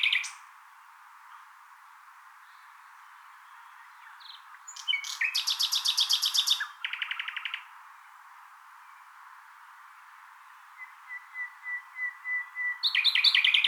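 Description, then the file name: Common nightingale song with a fast rattling trill, a pause, then a series of pure whistled notes swelling louder before another bright phrase begins. "Luscinia megarhynchos"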